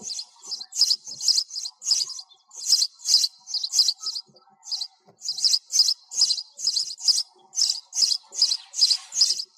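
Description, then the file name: Sparrow chirping, bright high notes in uneven bursts and clusters, with brief gaps between runs. Sparrow calling the flock together. "tieng se goi bay"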